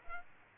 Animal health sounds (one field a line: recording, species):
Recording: mosquito wingbeat signal from an infrared sensor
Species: Aedes aegypti